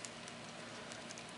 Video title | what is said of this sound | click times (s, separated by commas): 5200mAh GS4 Hyperion Extended Battery with NFC for the Samsung Galaxy S4 | and you can hear the clicks | 0.0 s, 0.3 s, 0.9 s, 1.1 s